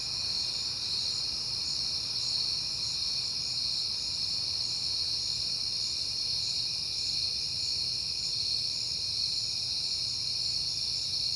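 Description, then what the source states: Continuous cricket chorus, a shrill ringing with a quiet low drone below. Crickets at night in September, on a peaceful night.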